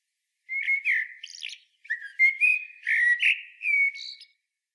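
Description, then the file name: Common blackbird singing mellow fluted warbles around two phrases, each ending in thin high squeaky twitters, with a short pause between them; no other sounds. "Turdus merula"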